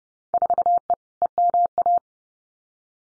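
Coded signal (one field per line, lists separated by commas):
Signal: Morse code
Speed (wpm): 30 wpm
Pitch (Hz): 700 Hz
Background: none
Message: 4E EMA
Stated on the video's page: Computer-generated Field Day contest exchange copying drill at 30 wpm, exchanges randomly selected, each sent twice with spoken answer between.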